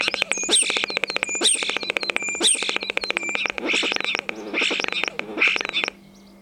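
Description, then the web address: Common starling song of fast clicking rattles and buzzy chatter with high whistles woven in, stopping abruptly near the end, leaving quiet with a soft hum. "vogelstimmen star xenocanto"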